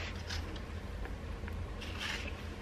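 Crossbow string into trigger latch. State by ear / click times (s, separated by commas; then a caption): not seated / none. A mini crossbow's string is pulled back by hand, with more effort than expected, to cock it into the trigger latch. There is a steady low rumble with rustling scrapes and two faint brief ticks around 1.0 s and 1.5 s. The string does not catch, and nothing has clicked into the latch yet.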